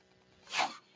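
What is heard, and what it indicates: A single brief puff of air lasts about a third of a second. It rises to a hissing peak and fades, with no voice in it. This is the air-delivery noise of a person's own mechanical ventilator cycling a breath.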